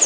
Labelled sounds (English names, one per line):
Pine Warbler flight call